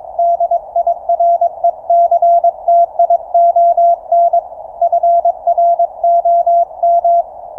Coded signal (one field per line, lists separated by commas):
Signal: Morse code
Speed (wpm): 22 wpm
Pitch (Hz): 690 Hz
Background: none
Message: DIRECTION FROM